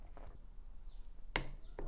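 A click-type torque wrench tightens the bolt on the other side of an e-bike seat clamp until it clicks, confirming the torque is reached. Over a low background, a faint tap at 0.2 s is followed by the sharp, bright click at 1.4 s and a softer knock at 1.8 s.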